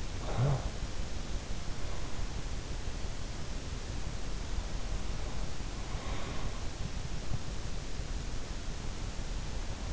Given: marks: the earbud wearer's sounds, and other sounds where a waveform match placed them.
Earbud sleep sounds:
sounds in sleep by an in-ear microphone; talking in sleep, breath
0.00-1.06 s: talking in sleep
5.72-6.75 s: breath

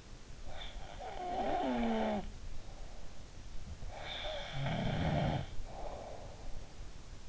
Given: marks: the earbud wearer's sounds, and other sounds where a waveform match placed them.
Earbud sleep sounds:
sounds in sleep by an in-ear microphone; snoring breath
0.53-2.61 s: snoring breath
3.94-6.54 s: snoring breath

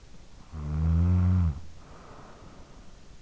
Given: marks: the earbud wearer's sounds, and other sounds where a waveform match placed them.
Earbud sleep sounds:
sounds in sleep by an in-ear microphone; snoring breath
0.16-3.09 s: snoring breath

